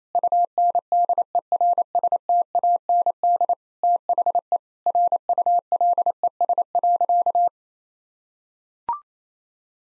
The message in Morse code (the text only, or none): UNDERSTAND THE RULES.